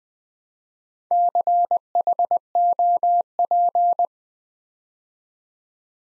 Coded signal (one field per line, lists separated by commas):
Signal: Morse code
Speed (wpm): 20 wpm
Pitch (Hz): 700 Hz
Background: none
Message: CHOP